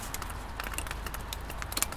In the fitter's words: anyway so that's it I just heard a click so now let's get my drill all wet